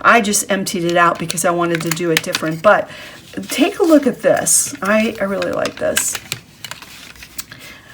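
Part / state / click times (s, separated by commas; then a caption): plastic watercolor palette lid or tray into the palette body / not seated / none. A travel watercolor palette, emptied of its paints because she wanted to do it differently, is handled while someone talks, with a plastic lid or mixing tray being pressed toward the palette body. Several small clicks and taps are heard from about 6.6 s to the end, but the part has not yet snapped into place; nothing has seated or clicked home yet.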